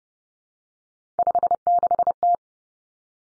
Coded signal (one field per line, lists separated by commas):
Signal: Morse code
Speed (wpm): 31 wpm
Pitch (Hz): 700 Hz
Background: none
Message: 56T